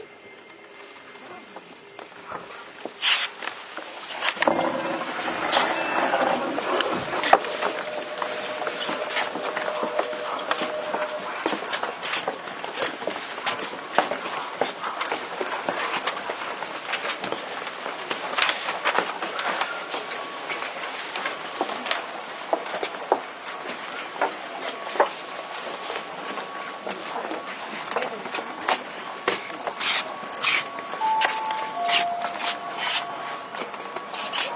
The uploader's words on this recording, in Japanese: 京王1000系 渋谷〜吉祥寺。急行運用を録音しました。